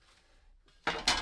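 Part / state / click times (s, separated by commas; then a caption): lock piece going into a metal tablet floor-stand enclosure / not seated / none. Someone tries to snap the lock piece down into place on a metal anti-theft tablet floor-stand kiosk enclosure. After a quiet stretch, two loud metallic clanks and rattles come at about 0.9 and 1.1 seconds. The lock piece has not seated or clicked, because a screw underneath is not fully tightened and holds it up.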